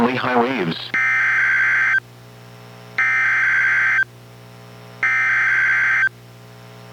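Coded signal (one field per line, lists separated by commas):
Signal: Emergency Alert System (SAME) tones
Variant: header bursts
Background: speech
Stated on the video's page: NOAA Weather Radio Special Marine Warning relayed by KEC91 Astoria, received on a Reecom R-1630 weather radio and recorded on a Zoom H1.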